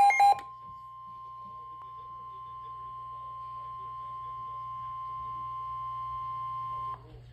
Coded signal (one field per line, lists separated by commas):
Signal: Emergency Alert System (SAME) tones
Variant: 1050 Hz attention tone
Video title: EAS Severe Thunderstorm Warning June 11, 2023